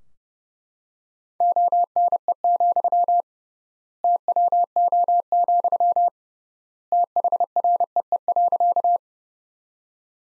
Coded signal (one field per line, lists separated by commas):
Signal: Morse code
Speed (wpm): 32 wpm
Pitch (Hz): 700 Hz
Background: none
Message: ONE, TWO, THREE.